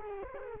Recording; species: mosquito wingbeat signal from an infrared sensor; Culex quinquefasciatus